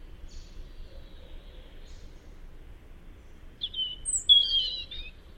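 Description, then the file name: European robin giving faint high notes early, then a louder twittering, wavering warbled phrase after a quiet stretch of background hiss. "Tomas Belka - Zaryanka Erithacus rubecula"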